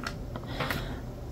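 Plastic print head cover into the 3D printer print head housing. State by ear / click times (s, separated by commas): seated / 0.1 s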